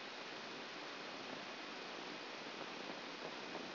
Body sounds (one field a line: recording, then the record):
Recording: brain microelectrode recording played as sound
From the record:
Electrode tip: outside the subthalamic nucleus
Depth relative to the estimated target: -6 mm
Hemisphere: left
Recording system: AlphaMap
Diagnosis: Parkinson's disease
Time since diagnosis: 10 years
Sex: female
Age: 63 years